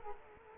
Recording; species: mosquito wingbeat signal from an infrared sensor; Culex quinquefasciatus